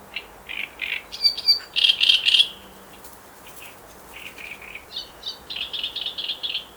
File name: great reed warbler song